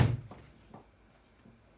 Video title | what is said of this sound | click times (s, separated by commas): Setting Up the Budget Fishing Kayak - Sit Inside Fishing Kayak | nice positive click there on that hummingbird | 0.3 s, 0.7 s